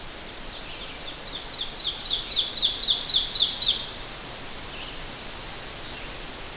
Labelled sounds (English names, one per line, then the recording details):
Ovenbird song
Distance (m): 10 m
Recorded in boreal forest in Alberta, Canada, on 12 June 2016 at 06:54
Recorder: SongMeter 3, array SBT-3-18
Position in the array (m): 245 m, 95 m
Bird 31